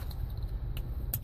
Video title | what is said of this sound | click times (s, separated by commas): Installation of Advent CADNAV1 Navigation in a 2015 Suburban | And it just clips right in. | 1.1 s